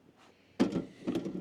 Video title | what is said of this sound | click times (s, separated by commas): Powersmart Cordless Snowblower Review -Part 1 | and it snaps into place just a second | 0.6 s